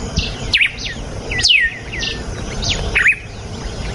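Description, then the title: Red-cowled cardinal giving short whistled phrases, a falling swoop between looped notes. Female; natural song. "Canto Galo Campina Fêmea. GALO DE CAMPINA CANTO NATURAL. galo de campina cantando. canto de galo de campina"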